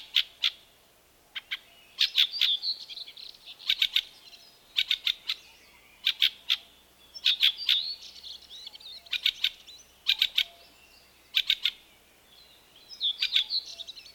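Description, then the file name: Fieldfare singing: repeated short volleys of harsh, clicking chack notes, two to four at a time, mixed with squeaky, scratchy warbles, continuing throughout. "Various Birds - Fieldfare"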